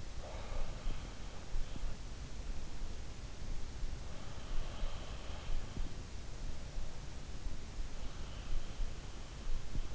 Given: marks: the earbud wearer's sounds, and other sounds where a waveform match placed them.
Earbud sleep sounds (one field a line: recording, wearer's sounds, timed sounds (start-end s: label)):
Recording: sounds in sleep by an in-ear microphone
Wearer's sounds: breath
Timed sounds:
0.00-1.49 s: breath
3.81-6.33 s: breath